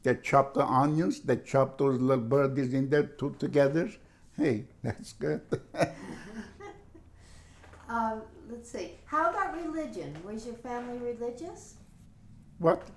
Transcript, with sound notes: They chopped the onions, they chopped those little birdies in there -- two together, hey, that's good. (laughs)
Let's see. How about religion? Was your family religious?
What?